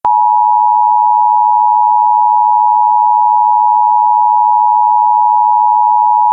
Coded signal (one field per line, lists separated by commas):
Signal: Emergency Alert System (SAME) tones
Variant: 853 and 960 Hz attention tone